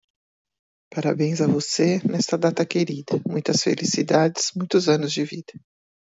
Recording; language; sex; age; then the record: short text; Brazilian Portuguese; female; 50 to 59 years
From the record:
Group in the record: control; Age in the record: 52 years